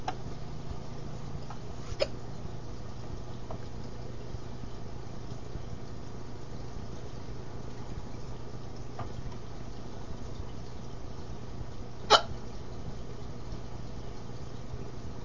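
Four brief, sharp clicks come at irregular intervals over about 15 seconds. Two are clear and two are faint, all over a steady low room hum. These are hiccups in an adult: sudden catches of breath cut off as the throat snaps shut.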